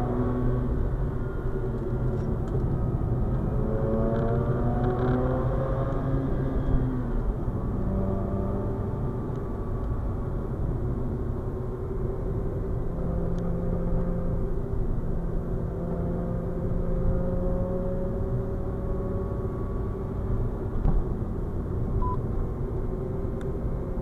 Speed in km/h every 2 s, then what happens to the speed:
68, 75, 85, 87, 81, 75, 75, 75, 82, 84, 77, 77.
1-3 speeds up to 85. 7-10 brakes to 75. 14-17 speeds up to 84.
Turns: none.